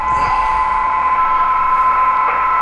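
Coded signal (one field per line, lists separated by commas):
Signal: PSK31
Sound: several faint steady warbling tones at different pitches under constant hiss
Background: radio static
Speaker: if you can hear that since I don't have it mixed in turn the volume up here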